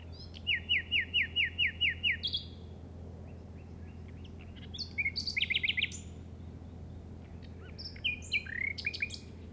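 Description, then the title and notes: Common nightingale song opening with an evenly spaced series of slurred notes, followed by further rapid phrases, over a steady low hum. Recorded in the Llobregat Delta at 06:00 on 8 May 2015 with a Zoom recorder. "Grabación de ruiseñor común (Luscinia megarhynchos) en el Delta del Llobregat a las 06:00 del 08/05/2015."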